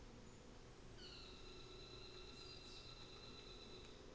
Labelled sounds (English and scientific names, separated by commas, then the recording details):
North Island Saddleback (Philesturnus rufusater)
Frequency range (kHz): North Island Saddleback (Philesturnus rufusater) 1.0-7.9 kHz
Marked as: faintness 2/5
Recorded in New Zealand on 24 December 2018
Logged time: 13:00